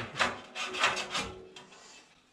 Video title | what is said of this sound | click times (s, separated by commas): 薪ストーブの煙突を屋根から出す工事 フラッシング工事 | ホンマ製作所の生菌を買ったんですけども全然はまってくれないですね | none